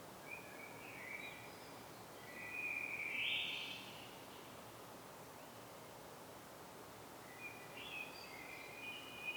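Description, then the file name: Common blackbird song: a short warbled phrase in the first half, with fainter whistled notes at the start and end, over steady background hiss. "Turdus merula"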